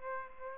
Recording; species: mosquito wingbeat signal from an infrared sensor; Aedes aegypti